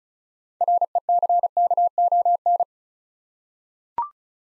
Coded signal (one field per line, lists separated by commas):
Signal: Morse code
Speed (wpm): 34 wpm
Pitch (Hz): 700 Hz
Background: none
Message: RECKON